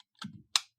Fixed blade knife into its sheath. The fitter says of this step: It has better fit, and it actually clicks into place, which you can probably hear.